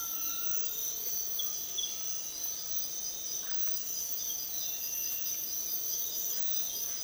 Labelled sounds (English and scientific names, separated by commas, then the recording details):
Undulated Tinamou (Crypturellus undulatus), Russet-backed Oropendola (Psarocolius angustifrons)
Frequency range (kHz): Russet-backed Oropendola (Psarocolius angustifrons) 0.7-2.3 kHz
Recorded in dense forest near Puerto Asís, Putumayo, Colombia, on 19 February 2024 at 06:00
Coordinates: 0.499, -76.324
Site G6469